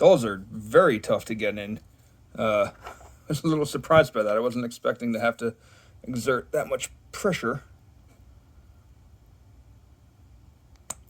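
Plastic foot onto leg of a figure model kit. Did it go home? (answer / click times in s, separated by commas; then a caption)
yes / 10.9 s. A second plastic foot is pushed onto the leg of a Transformers Yolopark AMK Mini Series figure model kit while someone talks, then a quiet pause follows. The foot pops into place with a sharp click at 10.9 s, seating it after it took more pressure than expected to get in.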